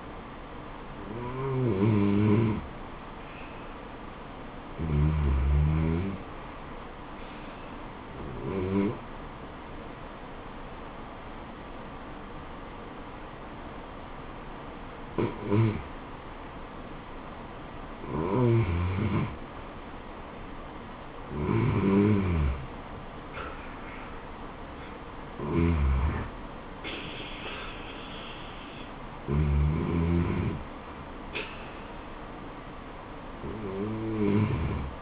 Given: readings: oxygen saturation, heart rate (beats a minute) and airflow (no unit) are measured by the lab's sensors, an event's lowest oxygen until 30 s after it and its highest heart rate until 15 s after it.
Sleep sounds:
breathing in sleep by a voice recorder at the bedside; none
none scored
From the record:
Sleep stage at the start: REM sleep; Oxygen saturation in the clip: 92 to 95%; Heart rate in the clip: 73 to 83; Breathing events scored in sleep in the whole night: 426 in 7.4 hours asleep

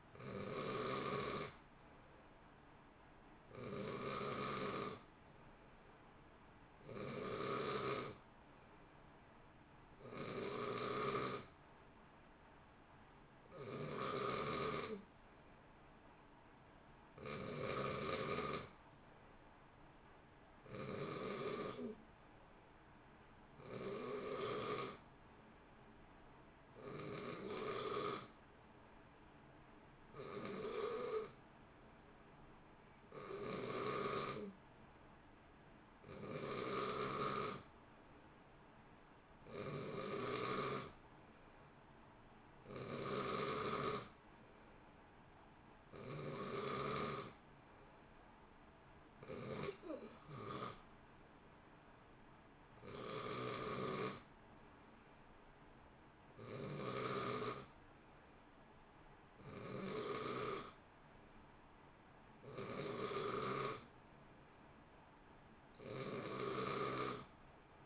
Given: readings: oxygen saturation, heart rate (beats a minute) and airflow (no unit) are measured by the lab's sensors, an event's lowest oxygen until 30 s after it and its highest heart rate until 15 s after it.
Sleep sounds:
breathing in sleep by a voice recorder at the bedside; none
31.00-61.00 s: new sleep stage, N3 (deep sleep)
61.00-67.86 s: new sleep stage, N2 (light sleep)
From the record:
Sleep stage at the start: N2 (light sleep); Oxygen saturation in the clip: 89 to 91%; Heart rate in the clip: 57 to 64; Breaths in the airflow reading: 24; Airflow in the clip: -0.7 to 0.9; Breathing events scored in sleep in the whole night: 328 in 6.3 hours asleep

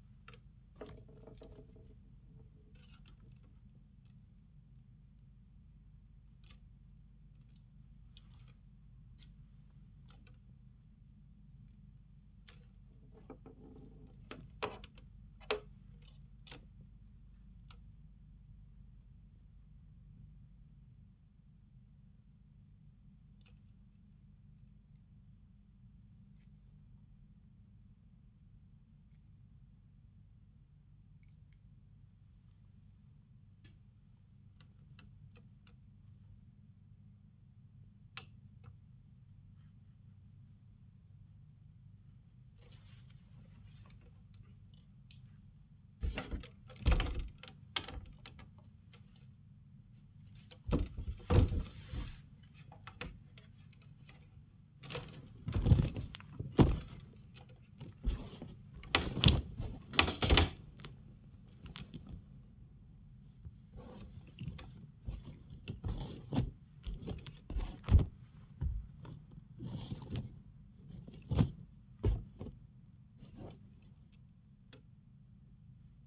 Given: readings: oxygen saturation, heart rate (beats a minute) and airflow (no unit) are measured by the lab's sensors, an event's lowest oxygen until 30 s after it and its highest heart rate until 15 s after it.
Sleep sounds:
a person awake in a sleep study, by a smartphone at the bedside; none
0.00-76.07 s: awake
From the record:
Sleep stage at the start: awake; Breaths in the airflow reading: 27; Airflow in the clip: -1.4 to 1.3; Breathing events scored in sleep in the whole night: 270 in 6.1 hours asleep

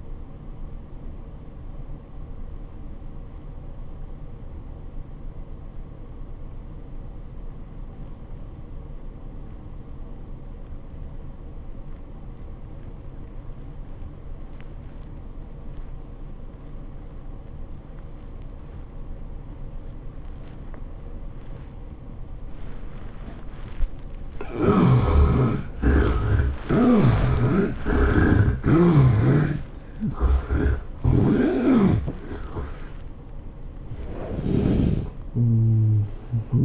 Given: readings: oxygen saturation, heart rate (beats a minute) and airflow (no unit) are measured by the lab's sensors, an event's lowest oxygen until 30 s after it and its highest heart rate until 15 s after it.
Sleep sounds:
breathing in sleep by a smartphone at the bedside; 1
3.00-23.20 s: obstructive apnea (N2, oxygen 91% highest, then 70% lowest, heart rate 81 at the start, 107 highest)
27.00-36.65 s: new sleep stage, N1 (lightest sleep)
From the record:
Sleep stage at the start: N2 (light sleep); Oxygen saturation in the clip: 72 to 91%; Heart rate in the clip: 75 to 106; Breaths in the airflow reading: 5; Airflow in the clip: -16.5 to 13.3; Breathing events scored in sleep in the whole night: 403 in 5.5 hours asleep

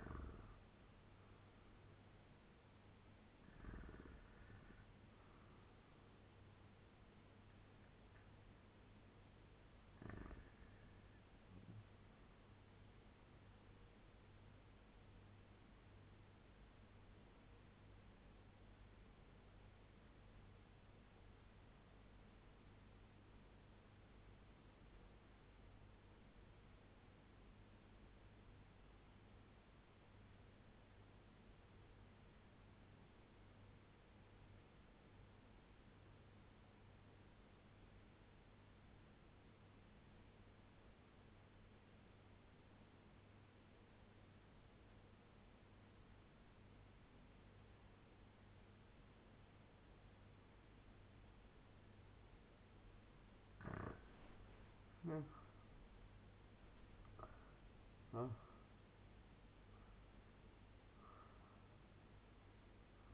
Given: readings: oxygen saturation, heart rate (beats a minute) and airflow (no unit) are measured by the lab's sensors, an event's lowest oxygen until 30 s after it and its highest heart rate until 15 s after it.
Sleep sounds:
breathing in sleep by a voice recorder at the bedside; 1
19.00-53.50 s: obstructive apnea (REM, oxygen 97% highest, then 80% lowest, heart rate 100 at the start, 100 highest)
From the record:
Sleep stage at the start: REM sleep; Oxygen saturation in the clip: 73 to 97%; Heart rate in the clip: 93 to 104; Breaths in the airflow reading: 6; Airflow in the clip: -9.2 to 7.1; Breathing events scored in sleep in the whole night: 201 in 6.5 hours asleep

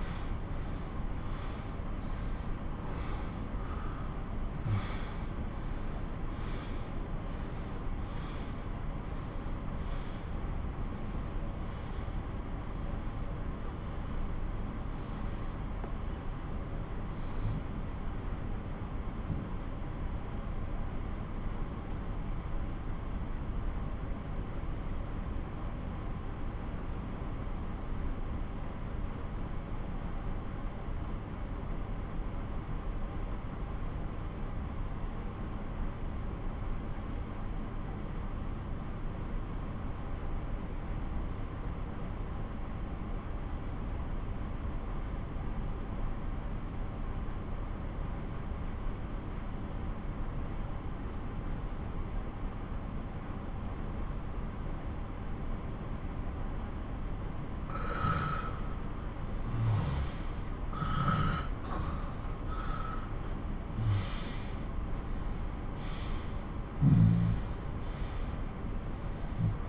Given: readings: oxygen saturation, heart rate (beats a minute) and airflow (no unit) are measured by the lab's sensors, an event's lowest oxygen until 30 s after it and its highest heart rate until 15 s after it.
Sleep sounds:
breathing in sleep by a smartphone at the bedside; 1
16.00-59.20 s: obstructive apnea (N1, oxygen 97% highest, then 88% lowest)
43.00-69.69 s: new sleep stage, N2 (light sleep)
From the record:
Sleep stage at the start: N1 (lightest sleep); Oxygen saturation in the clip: 89 to 97%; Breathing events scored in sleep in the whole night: 217 in 6.3 hours asleep

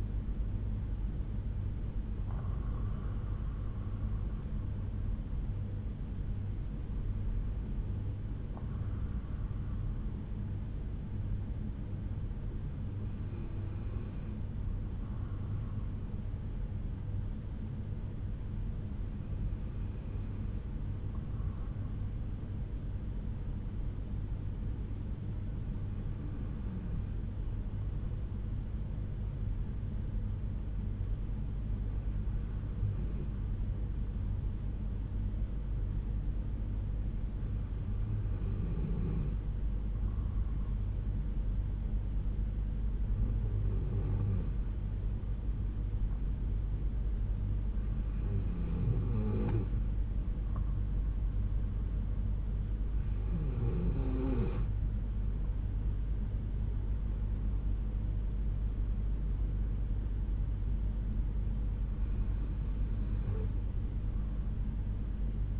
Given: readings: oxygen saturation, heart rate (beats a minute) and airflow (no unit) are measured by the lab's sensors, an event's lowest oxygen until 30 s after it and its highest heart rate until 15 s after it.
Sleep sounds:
breathing in sleep by a smartphone at the bedside; 1
19.00-57.30 s: hypopnea (N2, oxygen 96% highest, then 92% lowest, heart rate 62 at the start, 71 highest)
From the record:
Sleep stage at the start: N2 (light sleep); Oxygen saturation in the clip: 92 to 96%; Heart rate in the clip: 59 to 71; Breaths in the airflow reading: 12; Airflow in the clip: -6.1 to 6.0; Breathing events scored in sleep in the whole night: 368 in 8.0 hours asleep

